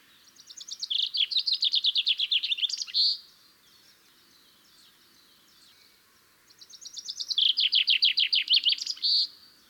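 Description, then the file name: Common chaffinch delivering two songs, each a rapid cascade of repeated chipping notes that drops in pitch and ends with an emphatic flourish, with a quiet pause between. "Fringilla coelebs"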